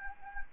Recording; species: mosquito wingbeat signal from an infrared sensor; Anopheles gambiae